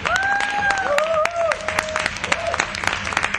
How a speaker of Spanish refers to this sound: Fuerte aplauso, por favor, para los ganadores.